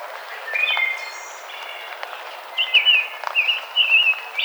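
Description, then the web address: Rose-breasted grosbeak: a short burst of liquid warbled whistles in the second half, preceded by thin whistles from other birds. Recorded 5 May 2007. "Rose-breasted Grosbeak 2007 05 05 Rose-breasted Grosbeak"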